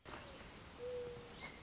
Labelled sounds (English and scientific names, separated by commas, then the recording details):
Mourning Dove (Zenaida macroura)
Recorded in Sonoma County, California